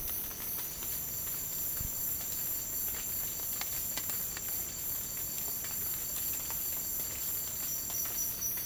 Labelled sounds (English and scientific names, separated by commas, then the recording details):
none
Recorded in dense forest near Puerto Asís, Putumayo, Colombia, on 30 June 2025 at 13:30
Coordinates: 0.503, -76.323
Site G059